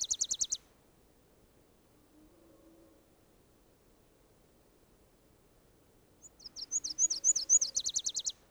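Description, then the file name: Nashville warbler singing: the end of one trilled song, a long quiet pause, then a full song of high slurred notes and a closing rapid trill. "Nashville Warbler - Leiothlypis ruficapilla"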